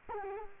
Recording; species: mosquito wingbeat signal from an infrared sensor; Culex quinquefasciatus